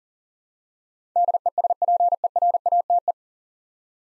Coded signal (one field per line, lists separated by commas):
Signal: Morse code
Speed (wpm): 40 wpm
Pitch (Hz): 700 Hz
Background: none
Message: DESPERATE